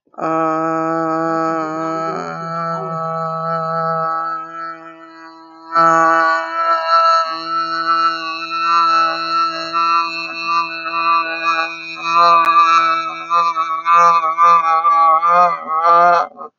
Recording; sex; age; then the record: vowel held as long as possible; female; 40 to 49 years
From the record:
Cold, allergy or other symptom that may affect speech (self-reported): no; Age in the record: 43 years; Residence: New Jersey, United States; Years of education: 12